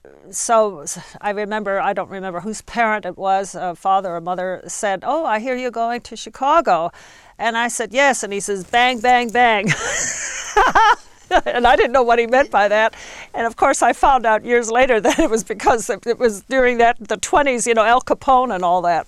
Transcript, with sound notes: So, I remember, I don't remember whose parent it was, father or mother said, "Oh, I hear you're going to Chicago." And I said "Yes." And he says, "Bang, bang, bang." (she laughs uproariously) And I didn't know what he meant by that and, of course, I found out years later that it because it was during the twenties, Al Capone and all that.